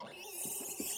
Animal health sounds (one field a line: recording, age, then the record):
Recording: pig call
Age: piglet (1 to 25 days)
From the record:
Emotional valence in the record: negative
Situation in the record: long isolation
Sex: female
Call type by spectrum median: high-frequency call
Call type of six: mixed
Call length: 0.98 s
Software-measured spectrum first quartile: 2750 Hz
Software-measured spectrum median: 7131 Hz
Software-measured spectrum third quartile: 9831 Hz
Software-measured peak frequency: 287 Hz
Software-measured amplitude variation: 106 dB a second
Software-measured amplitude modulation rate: 23.1 a second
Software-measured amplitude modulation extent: 4.6 dB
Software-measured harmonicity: 1.5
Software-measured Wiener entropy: -2.40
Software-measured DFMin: 1453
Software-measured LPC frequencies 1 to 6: 700, 2700, 5434, 6724, 7677, 8977 Hz